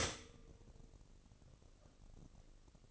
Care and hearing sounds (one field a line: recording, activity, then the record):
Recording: daily activity, microphone in the room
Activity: stop toaster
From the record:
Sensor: 4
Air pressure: 1008.1 hPa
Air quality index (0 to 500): 108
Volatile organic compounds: 1 ppm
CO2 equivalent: 796 ppm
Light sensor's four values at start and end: 10/21/9/9 and 10/22/9/9